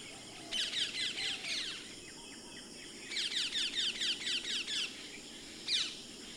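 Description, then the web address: Common myna calling in rapid, grating chatters, two runs of harsh notes with a short pause between and a final single squawk. Recorded February 2011. "2011 02 Martin-triste"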